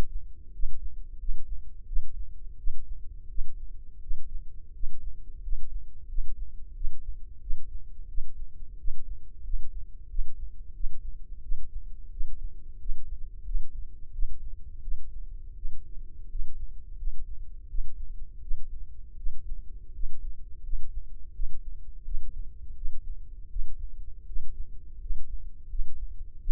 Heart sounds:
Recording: heart sounds by microphone in the left ear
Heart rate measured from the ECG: 86 bpm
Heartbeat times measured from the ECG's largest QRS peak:
0.50 s: heartbeat
1.16 s: heartbeat
1.84 s: heartbeat
2.55 s: heartbeat
3.26 s: heartbeat
3.99 s: heartbeat
4.71 s: heartbeat
5.39 s: heartbeat
6.05 s: heartbeat
6.72 s: heartbeat
7.38 s: heartbeat
8.06 s: heartbeat
8.75 s: heartbeat
9.41 s: heartbeat
10.06 s: heartbeat
10.71 s: heartbeat
11.39 s: heartbeat
12.08 s: heartbeat
12.76 s: heartbeat
13.42 s: heartbeat
14.10 s: heartbeat
14.79 s: heartbeat
15.53 s: heartbeat
16.26 s: heartbeat
16.95 s: heartbeat
17.66 s: heartbeat
18.39 s: heartbeat
19.14 s: heartbeat
19.91 s: heartbeat
20.60 s: heartbeat
21.31 s: heartbeat
22.02 s: heartbeat
22.73 s: heartbeat
23.47 s: heartbeat
24.24 s: heartbeat
24.97 s: heartbeat
25.66 s: heartbeat
26.37 s: heartbeat
From the record:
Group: healthy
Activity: rest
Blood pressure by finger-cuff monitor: 122/86 mmHg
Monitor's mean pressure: 97 mmHg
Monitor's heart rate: 86 bpm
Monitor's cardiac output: 6.5 L/min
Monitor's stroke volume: 74 mL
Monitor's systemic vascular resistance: 1100 dyn s/cm5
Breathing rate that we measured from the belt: 16 breaths a minute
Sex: male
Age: 21 years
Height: 180 cm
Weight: 67.5 kg

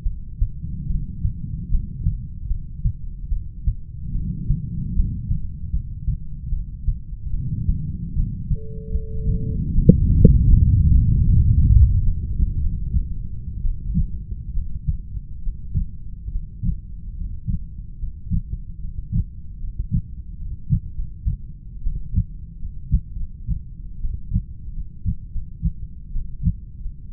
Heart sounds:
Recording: heart sounds by stethoscope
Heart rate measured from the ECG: 76 bpm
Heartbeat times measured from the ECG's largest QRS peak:
0.04 s: heartbeat
0.89 s: heartbeat
1.71 s: heartbeat
2.49 s: heartbeat
3.30 s: heartbeat
4.14 s: heartbeat
4.96 s: heartbeat
5.72 s: heartbeat
6.51 s: heartbeat
7.33 s: heartbeat
8.15 s: heartbeat
8.93 s: heartbeat
9.74 s: heartbeat
10.49 s: heartbeat
11.25 s: heartbeat
12.03 s: heartbeat
12.62 s: heartbeat
13.63 s: heartbeat
14.54 s: heartbeat
15.44 s: heartbeat
16.31 s: heartbeat
17.16 s: heartbeat
17.98 s: heartbeat
18.79 s: heartbeat
19.58 s: heartbeat
20.36 s: heartbeat
20.93 s: heartbeat
21.82 s: heartbeat
22.57 s: heartbeat
23.14 s: heartbeat
24.00 s: heartbeat
24.72 s: heartbeat
25.30 s: heartbeat
26.11 s: heartbeat
26.80 s: heartbeat
From the record:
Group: heart failure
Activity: rest 0-14 s, breath hold 14-27 s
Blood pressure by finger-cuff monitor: 85/55 mmHg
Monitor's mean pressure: 66 mmHg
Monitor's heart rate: 72 bpm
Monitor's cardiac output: 7.2 L/min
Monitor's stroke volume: 97 mL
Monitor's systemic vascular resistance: 650 dyn s/cm5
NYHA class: 1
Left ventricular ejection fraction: 39%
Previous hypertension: present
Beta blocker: carvedilol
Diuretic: furosemide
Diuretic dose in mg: 20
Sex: male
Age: 60 years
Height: 178 cm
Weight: 62 kg

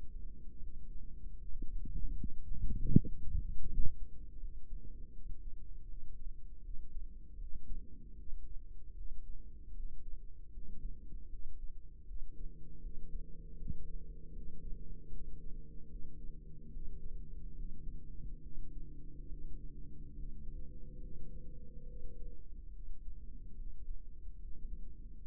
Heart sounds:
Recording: heart sounds by microphone in the right ear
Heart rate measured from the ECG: 76 bpm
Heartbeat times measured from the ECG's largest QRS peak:
0.58 s: heartbeat
1.36 s: heartbeat
2.14 s: heartbeat
2.90 s: heartbeat
3.66 s: heartbeat
4.37 s: heartbeat
5.11 s: heartbeat
5.85 s: heartbeat
6.61 s: heartbeat
7.37 s: heartbeat
8.15 s: heartbeat
8.93 s: heartbeat
9.72 s: heartbeat
10.50 s: heartbeat
11.27 s: heartbeat
12.04 s: heartbeat
12.79 s: heartbeat
13.55 s: heartbeat
14.31 s: heartbeat
15.09 s: heartbeat
15.87 s: heartbeat
16.70 s: heartbeat
17.53 s: heartbeat
18.40 s: heartbeat
19.26 s: heartbeat
20.13 s: heartbeat
20.99 s: heartbeat
21.85 s: heartbeat
22.70 s: heartbeat
23.55 s: heartbeat
24.37 s: heartbeat
25.21 s: heartbeat
From the record:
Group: healthy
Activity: rest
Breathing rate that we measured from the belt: 18 breaths a minute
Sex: female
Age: 32 years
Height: 172 cm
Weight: 71.7 kg

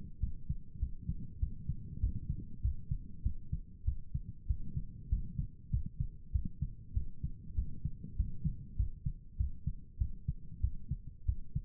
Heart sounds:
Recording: heart sounds by stethoscope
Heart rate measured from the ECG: 98 bpm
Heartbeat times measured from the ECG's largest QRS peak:
0.19 s: heartbeat
0.79 s: heartbeat
1.39 s: heartbeat
1.99 s: heartbeat
2.61 s: heartbeat
3.22 s: heartbeat
3.84 s: heartbeat
4.46 s: heartbeat
5.08 s: heartbeat
5.70 s: heartbeat
6.31 s: heartbeat
6.93 s: heartbeat
7.54 s: heartbeat
8.16 s: heartbeat
8.76 s: heartbeat
9.36 s: heartbeat
9.97 s: heartbeat
10.60 s: heartbeat
11.25 s: heartbeat
From the record:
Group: healthy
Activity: rest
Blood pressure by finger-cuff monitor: 103/67 mmHg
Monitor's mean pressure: 78 mmHg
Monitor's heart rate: 97 bpm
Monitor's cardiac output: 7.9 L/min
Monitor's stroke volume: 81 mL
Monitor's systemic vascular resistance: 690 dyn s/cm5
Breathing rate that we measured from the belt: 18 breaths a minute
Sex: male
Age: 19 years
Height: 178 cm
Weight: 83 kg

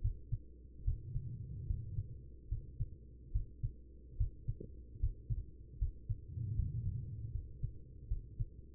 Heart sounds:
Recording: heart sounds by stethoscope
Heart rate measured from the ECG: 74 bpm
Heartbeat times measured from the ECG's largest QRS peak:
0.01 s: heartbeat
0.84 s: heartbeat
1.67 s: heartbeat
2.49 s: heartbeat
3.32 s: heartbeat
4.17 s: heartbeat
5.00 s: heartbeat
5.78 s: heartbeat
6.55 s: heartbeat
7.32 s: heartbeat
8.08 s: heartbeat
From the record:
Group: healthy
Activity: rest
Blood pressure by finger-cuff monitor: 89/66 mmHg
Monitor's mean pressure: 75 mmHg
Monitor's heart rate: 73 bpm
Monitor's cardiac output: 4.9 L/min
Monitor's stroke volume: 66 mL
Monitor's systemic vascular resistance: 1130 dyn s/cm5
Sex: female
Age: 43 years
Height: 160 cm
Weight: 90 kg

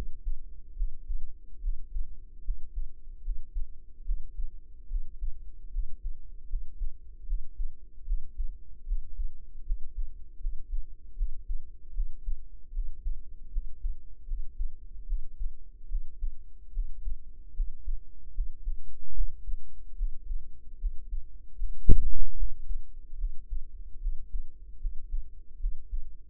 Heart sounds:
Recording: heart sounds by microphone in the right ear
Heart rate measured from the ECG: 75 bpm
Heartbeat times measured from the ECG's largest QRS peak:
0.74 s: heartbeat
1.59 s: heartbeat
2.42 s: heartbeat
3.21 s: heartbeat
4.03 s: heartbeat
4.87 s: heartbeat
5.70 s: heartbeat
6.47 s: heartbeat
7.24 s: heartbeat
8.03 s: heartbeat
8.84 s: heartbeat
9.63 s: heartbeat
10.38 s: heartbeat
11.14 s: heartbeat
11.91 s: heartbeat
12.70 s: heartbeat
13.49 s: heartbeat
14.24 s: heartbeat
15.04 s: heartbeat
15.86 s: heartbeat
16.70 s: heartbeat
17.53 s: heartbeat
18.32 s: heartbeat
19.12 s: heartbeat
19.94 s: heartbeat
20.77 s: heartbeat
21.55 s: heartbeat
22.34 s: heartbeat
23.16 s: heartbeat
23.98 s: heartbeat
24.78 s: heartbeat
25.57 s: heartbeat
From the record:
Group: healthy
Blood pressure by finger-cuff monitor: 107/69 mmHg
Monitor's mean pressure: 86 mmHg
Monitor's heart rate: 75 bpm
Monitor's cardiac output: 7 L/min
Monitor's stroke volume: 93 mL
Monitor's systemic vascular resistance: 910 dyn s/cm5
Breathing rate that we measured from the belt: 16 breaths a minute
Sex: female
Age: 22 years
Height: 160 cm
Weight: 45 kg

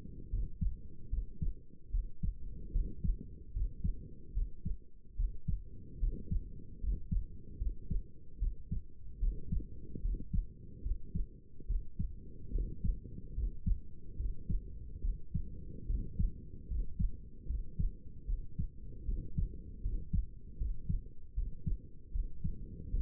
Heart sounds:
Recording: heart sounds by stethoscope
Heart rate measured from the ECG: 74 bpm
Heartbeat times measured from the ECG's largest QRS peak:
0.30 s: heartbeat
1.10 s: heartbeat
1.91 s: heartbeat
2.72 s: heartbeat
3.53 s: heartbeat
4.33 s: heartbeat
5.16 s: heartbeat
5.99 s: heartbeat
6.80 s: heartbeat
7.58 s: heartbeat
8.39 s: heartbeat
9.19 s: heartbeat
10.02 s: heartbeat
10.82 s: heartbeat
11.67 s: heartbeat
12.52 s: heartbeat
13.35 s: heartbeat
14.17 s: heartbeat
15.01 s: heartbeat
15.87 s: heartbeat
16.68 s: heartbeat
17.47 s: heartbeat
18.26 s: heartbeat
19.06 s: heartbeat
19.82 s: heartbeat
20.58 s: heartbeat
21.35 s: heartbeat
22.12 s: heartbeat
22.91 s: heartbeat
From the record:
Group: healthy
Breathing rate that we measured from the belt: 18 breaths a minute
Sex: male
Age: 35 years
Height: 180 cm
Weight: 86.9 kg

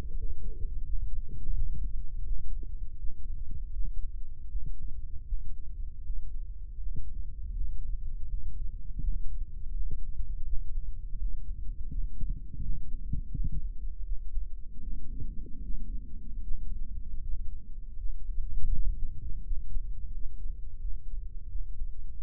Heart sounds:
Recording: heart sounds by microphone in the right ear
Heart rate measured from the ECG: 82 bpm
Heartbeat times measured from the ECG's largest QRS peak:
0.16 s: heartbeat
0.84 s: heartbeat
1.53 s: heartbeat
2.23 s: heartbeat
2.97 s: heartbeat
3.72 s: heartbeat
4.47 s: heartbeat
5.25 s: heartbeat
6.02 s: heartbeat
6.78 s: heartbeat
7.52 s: heartbeat
8.27 s: heartbeat
9.00 s: heartbeat
9.72 s: heartbeat
10.44 s: heartbeat
11.17 s: heartbeat
11.90 s: heartbeat
12.61 s: heartbeat
13.32 s: heartbeat
14.04 s: heartbeat
14.80 s: heartbeat
15.62 s: heartbeat
16.42 s: heartbeat
17.20 s: heartbeat
17.96 s: heartbeat
18.71 s: heartbeat
19.43 s: heartbeat
20.12 s: heartbeat
20.80 s: heartbeat
21.48 s: heartbeat
22.16 s: heartbeat
From the record:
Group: healthy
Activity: rest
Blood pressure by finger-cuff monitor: 148/85 mmHg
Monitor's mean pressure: 99 mmHg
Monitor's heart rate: 81 bpm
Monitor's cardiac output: 7.6 L/min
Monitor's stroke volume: 95 mL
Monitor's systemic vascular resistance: 950 dyn s/cm5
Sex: male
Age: 57 years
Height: 188 cm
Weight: 106 kg

